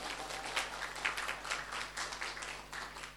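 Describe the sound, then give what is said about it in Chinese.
A church audience claps during a sermon to give glory to Jesus, a steady, dense patter of many hands with brighter individual claps popping out now and then, moderately loud and continuous with no talking. “哎，拍手把荣耀归给耶稣。”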